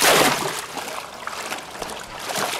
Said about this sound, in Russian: Кладет трубку, прыгает в воду.